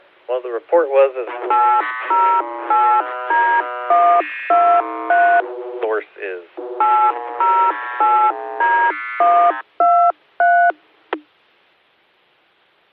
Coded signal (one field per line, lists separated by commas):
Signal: DTMF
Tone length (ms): 320 ms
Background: speech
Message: 808D123 808D123